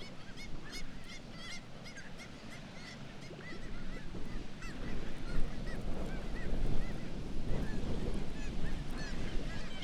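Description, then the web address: Black-legged kittiwakes in a busy chorus, many overlapping nasal calls, set against constant deep roaring background noise. "sound Black-legged-kittiwake. صدای-پرنده-کاکایی-پاسیاه"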